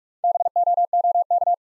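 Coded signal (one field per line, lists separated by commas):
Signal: Morse code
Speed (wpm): 44 wpm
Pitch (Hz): 700 Hz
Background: none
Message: BOOK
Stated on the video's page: Morse code practice of easy words with contextual hints at 45 wpm.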